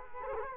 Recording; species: mosquito wingbeat signal from an infrared sensor; Culex quinquefasciatus